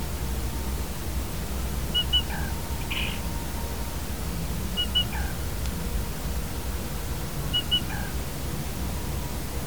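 Black rail repeating a three-note call three times, high double note then lower tail, with a brief hissy burst after the first call and constant low hum.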